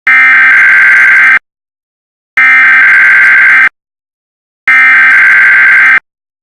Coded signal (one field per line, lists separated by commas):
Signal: Emergency Alert System (SAME) tones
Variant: header bursts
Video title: EAS Flash Flood Watch (EAS #4)